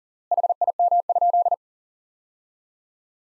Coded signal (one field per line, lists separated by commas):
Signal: Morse code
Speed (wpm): 40 wpm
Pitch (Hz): 700 Hz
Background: none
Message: HIM?